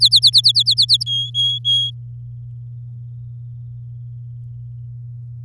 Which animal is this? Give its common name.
Domestic Canary